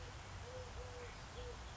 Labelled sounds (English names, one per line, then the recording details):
Eurasian Collared Dove
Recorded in Sonoma County, California